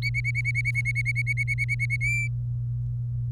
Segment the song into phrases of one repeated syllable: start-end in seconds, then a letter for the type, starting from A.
0.02-1.96 A, 2.01-2.28 B